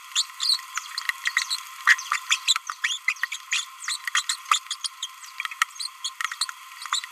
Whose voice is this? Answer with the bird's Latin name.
Forpus passerinus